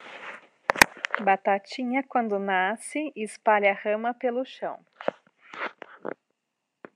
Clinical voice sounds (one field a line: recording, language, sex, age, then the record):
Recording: short text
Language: Brazilian Portuguese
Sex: female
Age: 30 to 39 years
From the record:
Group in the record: control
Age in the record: 36 years